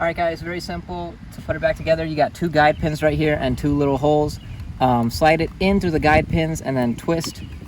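A license plate bulb socket for a 2016-2022 Chevy Malibu is handled at its plastic license plate lamp housing, about to be slid over two guide pins and twisted to lock, while someone talks throughout. Nothing has seated or clicked yet.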